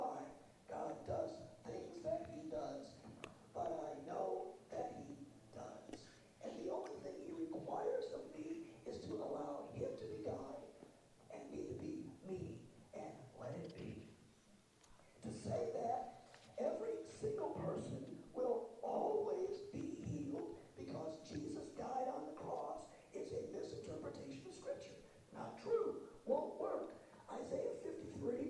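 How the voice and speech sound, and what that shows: Adult man preaching on Psalm 103:2-4 in a very hoarse voice (dysphonia). After losing his voice, only a little of it had come back, and his throat had been tight for three to four years.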